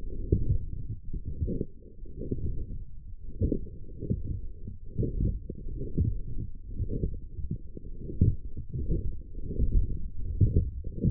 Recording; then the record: forearm muscle sounds (acoustic myography)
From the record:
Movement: forearm pronation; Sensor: system 1, eight BSWA MPA416 microphones around the upper forearm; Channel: 7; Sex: male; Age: 23 years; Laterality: right